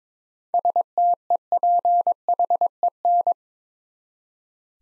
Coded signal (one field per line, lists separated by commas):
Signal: Morse code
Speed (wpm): 22 wpm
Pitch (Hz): 700 Hz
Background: none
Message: STEPHEN